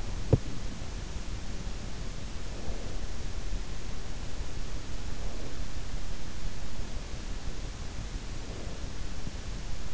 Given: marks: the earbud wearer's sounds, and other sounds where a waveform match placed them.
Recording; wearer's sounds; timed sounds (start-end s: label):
sounds in sleep by an in-ear microphone; teeth grinding
0.00-0.86 s: teeth grinding